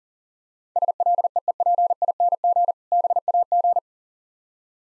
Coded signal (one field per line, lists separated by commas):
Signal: Morse code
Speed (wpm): 40 wpm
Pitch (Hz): 700 Hz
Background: none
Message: SLEEPING BAG